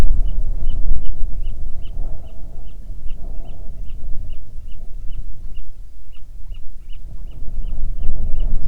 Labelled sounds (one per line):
bird
wind